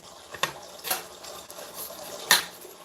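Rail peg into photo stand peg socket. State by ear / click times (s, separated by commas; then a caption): seated / 2.3 s. The peg end of a metal rail is inserted into the peg socket of a photo stand and pushed home. Light scraping and small knocks come first, then a loud, sharp hit at 2.3 s as the rail peg locks in place.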